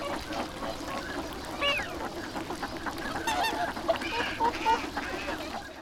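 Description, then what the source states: Ducks in a noisy flock, many overlapping nasal honks and quacks packed closely together, with a few thin whistled notes near the end. Recorded at the Abukuma River on 7 January 2021.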